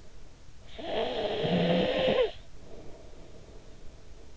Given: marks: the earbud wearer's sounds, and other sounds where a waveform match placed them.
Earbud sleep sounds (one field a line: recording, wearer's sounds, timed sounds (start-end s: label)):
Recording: sounds in sleep by an in-ear microphone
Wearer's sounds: snoring breath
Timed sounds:
0.58-4.08 s: snoring breath